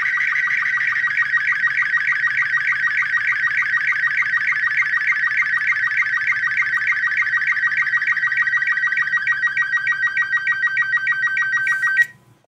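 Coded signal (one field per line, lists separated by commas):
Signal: SSTV (slow-scan television)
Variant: Robot36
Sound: rapid rhythmic warbling chirps with quick regular ticks, steady for twelve seconds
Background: room hum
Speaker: I'm just gonna grab my own logo here and we'll try to send this one just via sound you will hear the sound too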